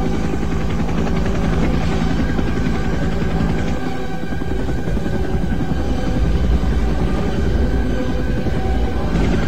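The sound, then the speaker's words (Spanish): Loud, steady drone of helicopters flying over a river, from the helicopter scene of the 1979 film Apocalypse Now, with a rapid rhythmic rotor chop and low engine rumble running throughout, with no voices. “Brutal esa escena de los helicópteros encima del río, ¿no?”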